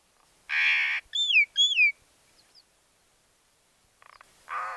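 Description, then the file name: Common myna calling, a harsh grating note, two whistled notes that rise and fall, then quiet and another rasping note. "mayna golos"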